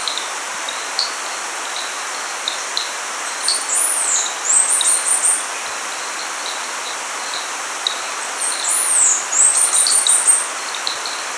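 Bird calling in high, thin bursts: a swooping note then a quick run of short notes, twice, with faint lower chips between over constant hiss.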